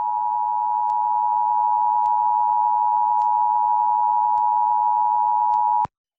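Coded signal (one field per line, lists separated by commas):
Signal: Emergency Alert System (SAME) tones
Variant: 853 and 960 Hz attention tone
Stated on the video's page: National EAS test captured from local TV and radio stations.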